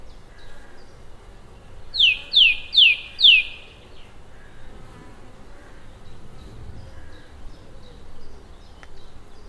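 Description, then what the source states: Song thrush repeating a sharp descending note four times in a rapid phrase, followed by quieter scattered high notes over low background rumble. Song thrush singing complicated songs in a tree high above the River Thames, rural Oxfordshire, on a hot, close summer's day.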